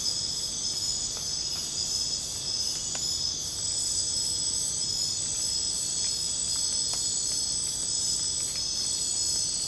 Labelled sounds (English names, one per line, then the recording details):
none
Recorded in secondary vegetation near Puerto Asís, Putumayo, Colombia, on 22 December 2024 at 22:30
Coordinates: 0.499, -76.323
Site G010